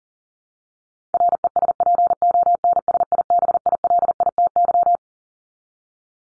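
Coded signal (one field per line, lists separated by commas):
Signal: Morse code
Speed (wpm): 37 wpm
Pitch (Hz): 700 Hz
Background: none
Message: RESPONSIBILITY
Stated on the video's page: Morse word drill at 40 wpm for head-copy practice, each word sent, spoken, then sent again.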